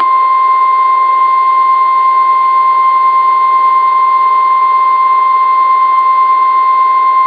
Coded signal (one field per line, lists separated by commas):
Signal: Emergency Alert System (SAME) tones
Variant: 1050 Hz attention tone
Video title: EAS Hurricane Warning and Tropical Storm Warning Florida NOAA Weather Radio KIH26 +WeatherSTAR4000